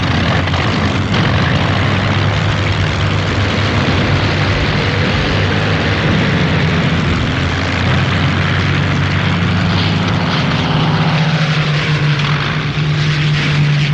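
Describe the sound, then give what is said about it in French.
Carrier-based assault aircraft roar overhead during the bombardment for the amphibious Incheon landing in the Korean War, a loud, continuous droning of propeller engines, their deep humming tones wavering and shifting in pitch toward the end as they pass. “Les avions d'assaut, les cols des porte-avions.”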